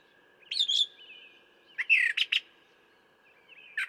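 Brown thrasher phrases: a brief warbled note, then a burst of harsh doubled chirps after a pause, over a faint continuous whine.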